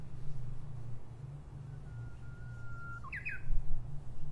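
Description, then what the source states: Japanese bush warbler song: a long level whistle followed by two quick notes, over a low constant hum. Recorded in 2012.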